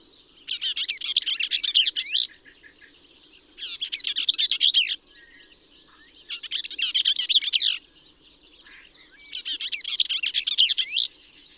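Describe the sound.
Bell's vireo song, four quick scratchy chattering bursts, each about one and a half seconds, separated by short pauses.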